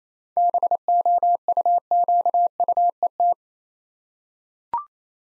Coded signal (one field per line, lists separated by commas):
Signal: Morse code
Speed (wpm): 28 wpm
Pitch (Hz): 700 Hz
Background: none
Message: BOUQUET